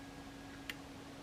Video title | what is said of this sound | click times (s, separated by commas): Kodak Retina I type 013 servicing, part 02 (reloaded) | give it a bit of a wriggle, you can feel it click into place. | 0.7 s